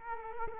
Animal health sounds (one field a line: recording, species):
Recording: mosquito wingbeat signal from an infrared sensor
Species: Culex quinquefasciatus